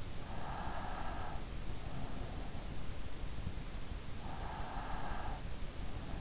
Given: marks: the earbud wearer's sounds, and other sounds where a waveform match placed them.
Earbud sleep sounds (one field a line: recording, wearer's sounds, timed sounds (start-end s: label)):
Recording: sounds in sleep by an in-ear microphone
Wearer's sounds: breath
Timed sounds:
0.16-1.64 s: breath
4.33-5.99 s: breath